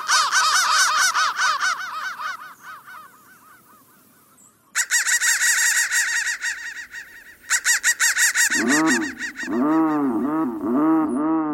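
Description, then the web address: Crow giving loud, rapid, harsh caws in several abrupt bursts, followed by a series of deeper, hoarse arched calls repeated at a steady pace. "soundfactory crow"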